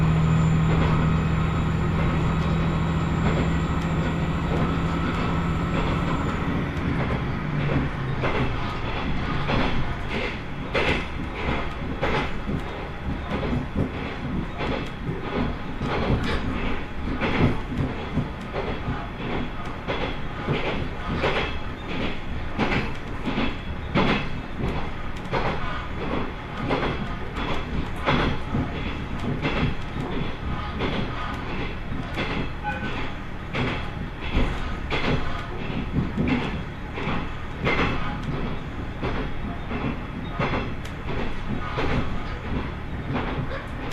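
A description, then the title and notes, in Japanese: A ride on the Tenryu Hamanako Railroad between Miyakoda and Tenryu-Futamata. For the first several seconds a steady engine drone with a held high whine dominates. The wheels then settle into a dense, continuous clatter of rapid clicks over a loud, constant rumble. 天竜浜名湖鉄道 都田→天竜二俣。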